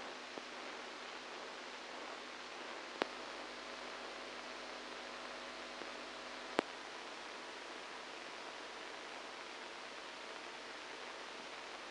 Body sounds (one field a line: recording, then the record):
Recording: brain microelectrode recording played as sound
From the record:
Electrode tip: outside the subthalamic nucleus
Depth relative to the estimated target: -6 mm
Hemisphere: right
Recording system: NeuroSet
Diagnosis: Parkinson's disease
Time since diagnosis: 7 years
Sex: male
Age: 69 years